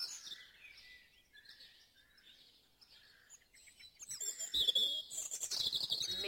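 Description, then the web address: Dawn chorus with soft whistled phrases from several birds, swelling after four seconds into louder, busier chirping and trills. Dawn chorus in Mold, North Wales. "beanstalk-audio Dawn Chorus in Mold North Wales"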